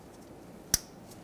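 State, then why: Seated. The plastic electrical connector of the downstream oxygen sensor on a 2008-2020 Dodge Grand Caravan is pushed back into its mating harness plug under the van. Against a quiet background, a single sharp click sounds at 0.7 s. The connector is seated.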